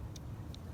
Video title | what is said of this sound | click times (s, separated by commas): HONDA CIVIC SI K20Z3 ( DISASSEMBLY OF THE HEAD ) PART 3 | that pan hot popped out right there that basically has all the pressure | 0.2 s, 0.5 s